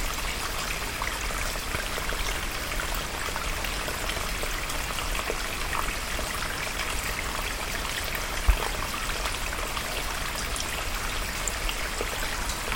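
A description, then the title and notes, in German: A small mountain brook runs across a hiking trail, its water rushing in a steady, dense hiss that stays even for the whole stretch. The sound is bright, with a faint low rumble underneath and a single sharp tap near eight seconds. Kleiner Bach kreuzt Bergwanderweg (Unterwössen, Chiemgau). Der Bach läuft quer zum Wanderweg auf dem Foto.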